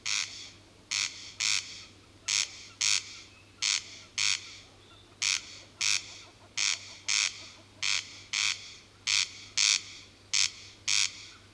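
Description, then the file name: Corn crake repeating a scratchy two-note rasp in a regular rhythm, many pairs in sequence, with a soft constant hum in the background. "Digiffects Sound Effects Library - Corn Crake"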